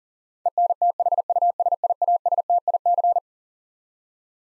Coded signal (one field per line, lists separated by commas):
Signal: Morse code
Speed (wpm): 40 wpm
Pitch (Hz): 700 Hz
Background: none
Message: ENTHUSIASTIC